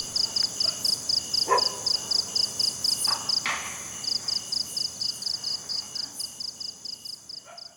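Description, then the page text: Cricket chirps, high buzzy pulses repeating quickly, briefly pausing midway before resuming, with a few sharp animal calls behind. Crickets at night in a jungle. "Crickets Night Jungle TonwagenSfxLab"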